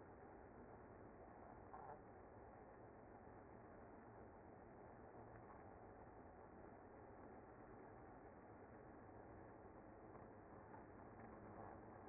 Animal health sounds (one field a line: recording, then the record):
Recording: honeybee colony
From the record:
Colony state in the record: active